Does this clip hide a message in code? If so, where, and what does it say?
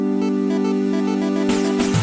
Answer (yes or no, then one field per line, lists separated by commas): no